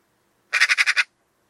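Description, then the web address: Bird call: a quick burst of six harsh, evenly spaced pulsed notes in half a second, rich in overtones, otherwise silence. "Deverinetal 2025 File origin Bird Only"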